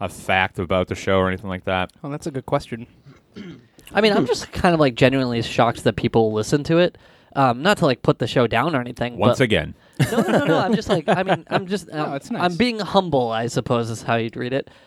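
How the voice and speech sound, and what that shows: Relaxed conversational adult male speech, fluent and clear with normal voice and casual fillers; no speech disorder.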